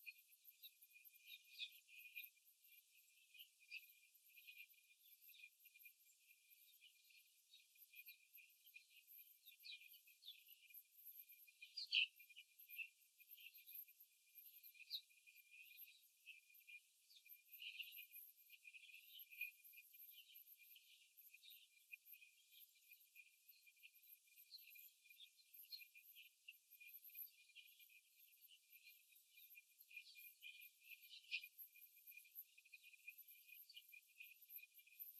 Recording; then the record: young laying hens in a cage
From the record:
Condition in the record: after the stressor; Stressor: simulated dog barking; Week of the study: 3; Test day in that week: 2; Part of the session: 1